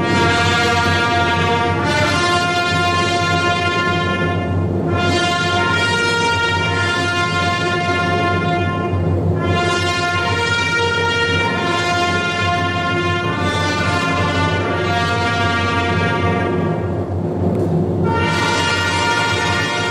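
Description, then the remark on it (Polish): A trumpet fanfare played by Pauline fathers from the Jasna Góra tower, opening a concert: loud, sustained brass chords rich in overtones, held for several seconds at a time with short breaks between phrases, and no voices. “chwilę później otworzą cały koncert fanfary z Wieży Jasnogórskiej, zagrane przez ojców Paulinów, więc tym razem nie z kaplicy, tylko będziemy obserwować, jak ojcowie Paulini grają na trąbkach z Wieży Jasnogórskiej, więc też jakaś wyjątkowa historia.”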